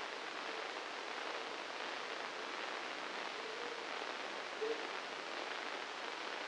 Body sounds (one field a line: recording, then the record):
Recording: brain microelectrode recording played as sound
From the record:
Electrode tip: inside the subthalamic nucleus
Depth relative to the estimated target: 1 mm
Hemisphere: left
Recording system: NeuroSet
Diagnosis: Parkinson's disease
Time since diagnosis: 9 years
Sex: male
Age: 56 years